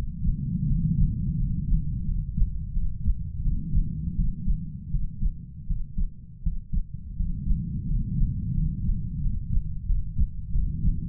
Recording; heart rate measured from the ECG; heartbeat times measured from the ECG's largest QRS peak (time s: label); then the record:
heart sounds by stethoscope; 85 bpm
0.67 s: heartbeat
1.37 s: heartbeat
2.05 s: heartbeat
2.73 s: heartbeat
3.42 s: heartbeat
4.15 s: heartbeat
4.91 s: heartbeat
5.67 s: heartbeat
6.43 s: heartbeat
7.16 s: heartbeat
7.87 s: heartbeat
8.54 s: heartbeat
9.21 s: heartbeat
9.86 s: heartbeat
10.52 s: heartbeat
From the record:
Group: healthy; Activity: rest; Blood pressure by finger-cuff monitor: 112/71 mmHg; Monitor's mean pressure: 86 mmHg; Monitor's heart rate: 84 bpm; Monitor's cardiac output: 7.1 L/min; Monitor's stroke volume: 87 mL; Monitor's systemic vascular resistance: 900 dyn s/cm5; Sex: male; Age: 33 years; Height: 179 cm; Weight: 80.4 kg